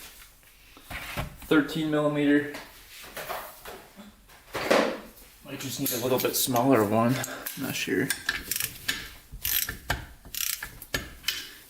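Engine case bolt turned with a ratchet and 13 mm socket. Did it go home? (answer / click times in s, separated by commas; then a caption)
no / 9.9 s. A ratchet with a 13 mm socket is tried a second time on a Yamaha Blaster engine case bolt while someone talks. Sharp metallic clicks and slips are heard, with the socket slipping on the rounded bolt head at about 9.9 s. The bolt head is confirmed badly stripped.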